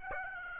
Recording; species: mosquito wingbeat signal from an infrared sensor; Aedes aegypti